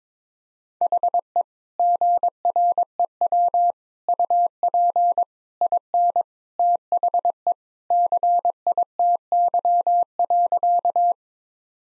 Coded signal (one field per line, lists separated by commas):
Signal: Morse code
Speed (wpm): 21 wpm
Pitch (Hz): 700 Hz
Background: none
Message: HE GREW UP IN THE CITY.